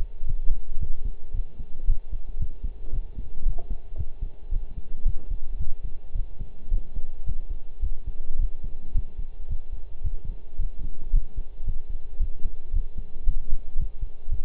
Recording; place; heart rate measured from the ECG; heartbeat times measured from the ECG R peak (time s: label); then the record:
heart sounds by stethoscope; between the tricuspid and mitral areas; 111 bpm
0.27 s: heartbeat
0.80 s: heartbeat
1.34 s: heartbeat
1.87 s: heartbeat
2.40 s: heartbeat
2.92 s: heartbeat
3.45 s: heartbeat
3.98 s: heartbeat
4.52 s: heartbeat
5.05 s: heartbeat
5.59 s: heartbeat
6.15 s: heartbeat
6.71 s: heartbeat
7.26 s: heartbeat
7.82 s: heartbeat
8.39 s: heartbeat
8.95 s: heartbeat
9.49 s: heartbeat
10.04 s: heartbeat
10.59 s: heartbeat
11.13 s: heartbeat
11.66 s: heartbeat
12.20 s: heartbeat
12.73 s: heartbeat
13.26 s: heartbeat
13.79 s: heartbeat
14.31 s: heartbeat
From the record:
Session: pedaling a stationary bicycle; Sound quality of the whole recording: partially saturated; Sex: male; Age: 23 years